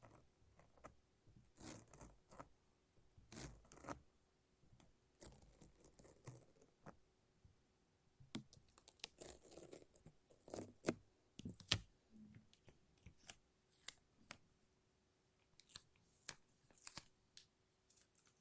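Sticky peeling sounds from a lint roller and tape, coming as short, crackling rips and pulls in bursts throughout. Some strips run over a second, others are quick snaps, with brief quiet gaps between them and a faint steady hum underneath.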